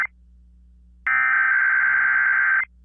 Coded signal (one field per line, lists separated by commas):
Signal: Emergency Alert System (SAME) tones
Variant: header bursts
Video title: EAS 2827-2828: KDKA EAS Test + Relay